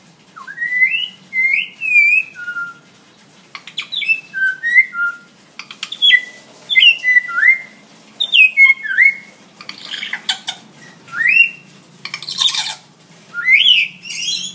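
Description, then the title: Hill myna whistles a run of loud, clear notes, rising and falling slides and quick chirps, in bursts separated by short pauses. Vocal ('gacor') hill myna; tutor audio (masteran) for training birds. "Suara Burung Beo Gacor Cocok Untuk Masteran"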